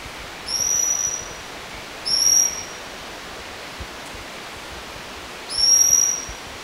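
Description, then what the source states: Bornean whistling thrush giving thin, very high whistles, each a drawn-out note, three in about six seconds, over steady hiss. Recorded 15 August 2009.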